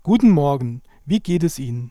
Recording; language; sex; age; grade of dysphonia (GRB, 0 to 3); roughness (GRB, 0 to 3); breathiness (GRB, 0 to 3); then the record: spoken sentence; German; male; 30 to 39 years; 0; 0; 0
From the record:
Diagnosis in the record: recurrent laryngeal nerve paralysis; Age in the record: 37 years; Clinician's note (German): Phonatorisch voll kompensiert